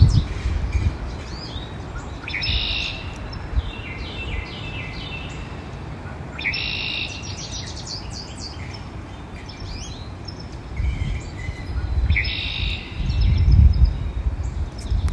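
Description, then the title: Bird song: bright, high chirping phrases in short bursts every few seconds, over low rumbling background noise. Birdsong in woodland in Cheshire, Connecticut, USA. "丛林的鸟鸣_美国康涅狄柴郡"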